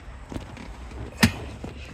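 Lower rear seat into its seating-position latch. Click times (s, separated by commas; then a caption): 1.2 s. A lower rear seat in a Volvo XC90 that stopped halfway is lifted again and pushed the rest of the way back into its seating-position latch. Faint knocks come at about 0.4, 0.6 and 1.6 seconds, and a firm, loud click lands at 1.2 seconds. The seat is pushed fully home and latched in position.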